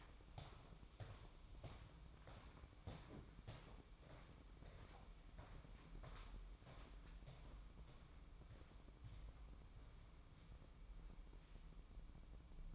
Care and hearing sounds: daily activity, microphone in the room; walk to room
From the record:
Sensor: 1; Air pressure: 1008.2 hPa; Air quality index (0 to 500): 139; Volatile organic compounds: 2 ppm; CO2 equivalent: 1169 ppm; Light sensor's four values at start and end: 9/22/9/9 and 10/23/9/10

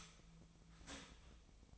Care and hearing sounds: daily activity, microphone in the room; start toaster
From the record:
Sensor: 1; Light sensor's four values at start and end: 27/70/29/34 and 27/70/29/34

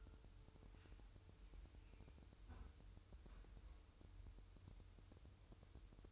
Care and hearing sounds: daily activity, microphone in the room; close fridge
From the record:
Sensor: 2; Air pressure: 988.3 hPa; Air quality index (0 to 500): 192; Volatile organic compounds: 194 ppm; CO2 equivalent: 4192 ppm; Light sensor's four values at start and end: 21/71/28/26 and 21/71/28/26

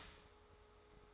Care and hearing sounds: daily activity, microphone in the room; start toaster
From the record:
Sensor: 3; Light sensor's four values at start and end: 4/11/4/4 and 4/11/4/4

